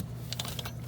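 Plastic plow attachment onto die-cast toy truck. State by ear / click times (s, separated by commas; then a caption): not seated / none. A plastic plow attachment is being pushed onto the front of a die-cast toy truck. Light, sharp plastic ticks and taps around 0.3 to 0.6 seconds sit over a steady low hum. Nothing has seated or clicked into place yet.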